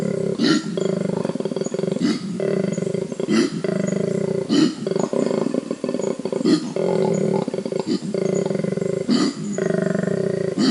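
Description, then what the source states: Koala giving a long bellow, with low vibrating grunts alternating with harsh snorting breaths roughly every second or two, steady and loud throughout. Loud low-frequency call of grunts and snorts; the snort is the inhalation; produced with a special larynx that lets the animal reverberate; can sound like a lion roaring.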